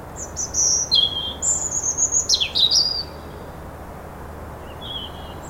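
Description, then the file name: European robin song: high, thin whistled phrases with quick trills and sharp downward slurs, the notes shifting in pitch over about three seconds, then a faint note after a pause. "Erithacus rubecula"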